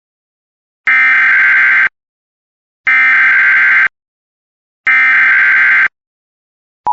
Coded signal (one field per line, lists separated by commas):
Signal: Emergency Alert System (SAME) tones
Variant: header bursts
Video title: EAS recreation: Tornado Warning for Marin and St.lucy counties